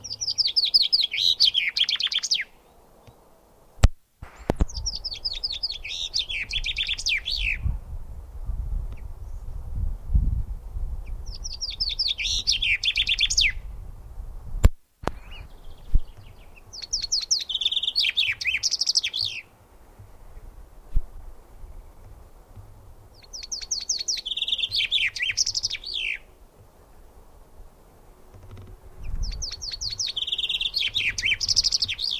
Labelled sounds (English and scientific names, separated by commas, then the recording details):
Common Chaffinch (Fringilla coelebs)
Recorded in the wild
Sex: male
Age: adult
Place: Garmisch-Partenkirchen, Bayern, DE
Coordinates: 47.4931, 11.0633
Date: 1962-04-16
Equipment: Stellavox SM 5, Original, Vollspur
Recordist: Tretzel, Erwin